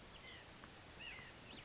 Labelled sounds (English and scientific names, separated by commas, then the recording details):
White-breasted Nuthatch (Sitta carolinensis)
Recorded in Sonoma County, California